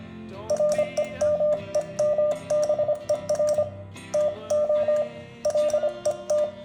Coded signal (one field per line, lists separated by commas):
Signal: Morse code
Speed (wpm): 25 wpm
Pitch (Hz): 600 Hz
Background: music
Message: REMEMBER TO LET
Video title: Let's enjoy Morse code! #モールス #morse #モールス信号 #morsecode